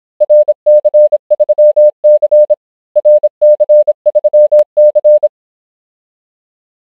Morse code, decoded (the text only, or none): RC3C RC3C